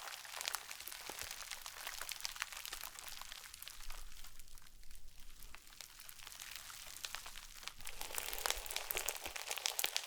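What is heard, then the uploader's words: Slime being squished and worked, with a dense stream of sticky crackles and small pops running through the whole clip. The sound is bright and hissy with quick irregular clicks, easing slightly around the middle before growing busier and sharper toward the end. Satisfying ASMR Slime.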